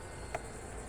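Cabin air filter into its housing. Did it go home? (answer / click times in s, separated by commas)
yes / 0.3 s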